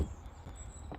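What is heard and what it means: The wiring plug is pushed into the back of a new headlight unit on a Citroen C5, with low rumbling handling noise throughout. A short, sharp click at 0.9 s marks the connector seating firmly in place.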